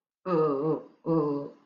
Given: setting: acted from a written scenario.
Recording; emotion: vocal sound without words; guilt